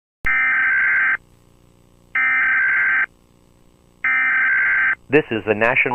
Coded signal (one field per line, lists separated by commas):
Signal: Emergency Alert System (SAME) tones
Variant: header bursts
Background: speech